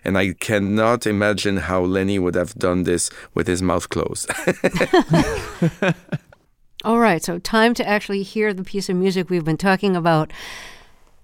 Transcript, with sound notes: And I cannot imagine how Lenny would have done this with his mouth closed.
(LAUGHTER)
All right. So time to actually hear the piece of music we've been talking about.